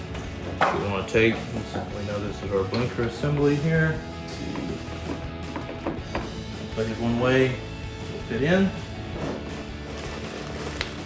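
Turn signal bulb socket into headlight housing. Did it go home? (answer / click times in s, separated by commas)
yes / 10.8 s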